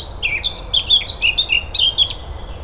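Eurasian blackcap warbling song, a fast jumble of varied high chirpy and whistled notes running continuously throughout, over faint low background rumble.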